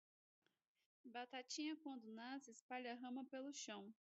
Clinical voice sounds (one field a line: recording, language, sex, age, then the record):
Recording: short text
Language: Brazilian Portuguese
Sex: female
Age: 30 to 39 years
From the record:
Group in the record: control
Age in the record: 34 years